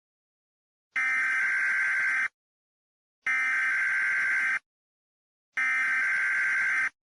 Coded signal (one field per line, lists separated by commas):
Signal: Emergency Alert System (SAME) tones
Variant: header bursts